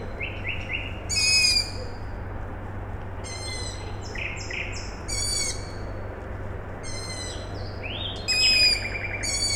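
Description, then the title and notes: Owl: repeated harsh hissing screeches of owl chicks, interleaved with a nightingale's varied whistled phrases and rising slurs, all over a continuous deep industrial hum. Owl chicks calling at night, 21 May 2019, Siemianowice Śląskie, Poland; nightingale also singing; industrial plant in background; recorded with Zoom H5 and Audio-Technica BP4025. "Maciejkowicka , 41-103 Siemianowice Śląskie, Polska - Owl chicks and a nightingale. Wtorek, 21 maja 2019. Noc. Nawoływanie piskląt sowy. Słowik. Kombinat w tle. Nagrania terenowe Siemianowic Śląskich - Dźwiękowy Portret Miasta"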